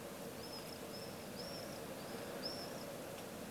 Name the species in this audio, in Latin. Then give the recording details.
Apus apus. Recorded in France